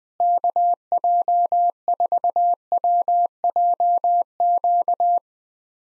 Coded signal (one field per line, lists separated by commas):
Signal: Morse code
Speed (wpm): 20 wpm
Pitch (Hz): 700 Hz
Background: none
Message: KJ4WJQ